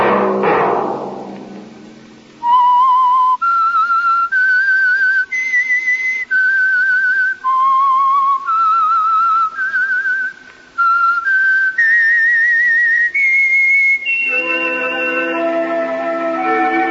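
A loud whistled melody of clear, sustained notes that step up and down in a slow, eerie tune, with no voices, ending as a rich held musical tone takes over; the theme of The Whistler radio program from the Signal Oil Company.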